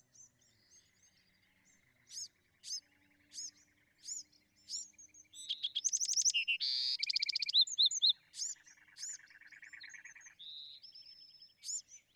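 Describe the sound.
Bewick's wren song: high spaced notes over a soft lower buzz, then a loud stretch of fast trills and harsh notes, a whistled tone, and more high notes.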